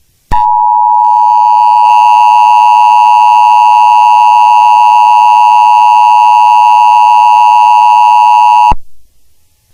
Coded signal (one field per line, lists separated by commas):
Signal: Emergency Alert System (SAME) tones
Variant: 853 and 960 Hz attention tone